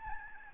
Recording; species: mosquito wingbeat signal from an infrared sensor; Aedes albopictus